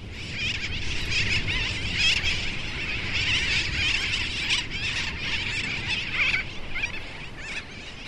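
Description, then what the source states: Sooty terns calling in a dense colony, many overlapping harsh nasal squealing cries in a continuous clamour, with a low rushing background rumble. Nesting seabird colony on the Dry Tortugas islets in the Gulf of Mexico, which host more than 85,000 nesting seabirds, many of them sooty terns.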